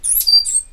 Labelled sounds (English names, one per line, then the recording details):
Stitchbird song
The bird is a male
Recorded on Tiritiri Matangi Island, New Zealand, in 2005
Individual 8, of nest box 10